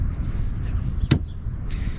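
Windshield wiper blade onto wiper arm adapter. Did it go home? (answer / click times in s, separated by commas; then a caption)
yes / 1.1 s. A PEAK windshield wiper blade, the second one, with its sticker peeled off, is pushed onto the wiper arm adapter of a 2006 Chevy Silverado over a steady low rumble. It snaps on with a single sharp click at 1.1 s. The blade is seated on the arm.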